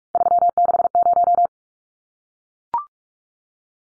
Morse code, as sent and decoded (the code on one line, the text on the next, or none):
...-- -.... -----
360